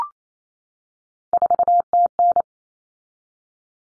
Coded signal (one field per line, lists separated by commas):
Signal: Morse code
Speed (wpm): 28 wpm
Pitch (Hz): 700 Hz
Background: none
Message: 4TN